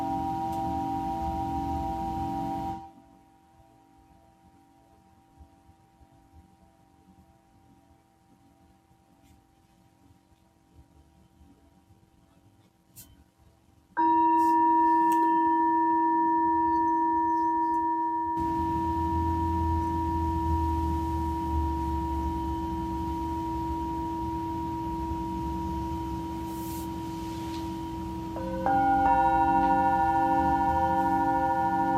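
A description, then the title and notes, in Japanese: A Tibetan singing bowl hums with steady, sustained tones and a low throbbing beat. The sound drops to near silence from about 3 to 14 seconds, then returns strongly with a brighter ringing overtone; around 29 seconds a new layer of pitches joins and the ringing continues. 夜のメキシコからサウンドヒーリングライブ。チベタンシンギングボウル。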